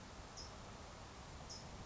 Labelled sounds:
California Towhee

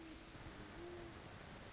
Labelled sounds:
Great Horned Owl

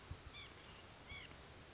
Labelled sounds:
White-breasted Nuthatch

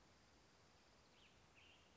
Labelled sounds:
Western Tanager

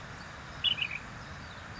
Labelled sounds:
Ash-throated Flycatcher

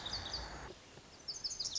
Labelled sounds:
Lazuli Bunting

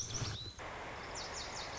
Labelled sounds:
Lazuli Bunting

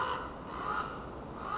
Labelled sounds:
Common Raven

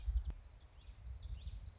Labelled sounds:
Common Yellowthroat

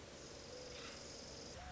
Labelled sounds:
Mourning Dove

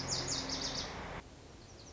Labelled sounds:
Lazuli Bunting

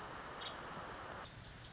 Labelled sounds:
Nuttall's Woodpecker

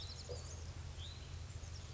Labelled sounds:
Hutton's Vireo

